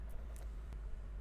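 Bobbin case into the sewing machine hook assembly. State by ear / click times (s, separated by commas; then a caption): seated / 0.4 s, 0.7 s. An upholsterer pushes a metal bobbin case under the hook of his sewing machine until it locks. Two short, sharp clicks are heard at 0.4 s and 0.7 s over a steady low hum. The bobbin case is seated and locked in the hook assembly.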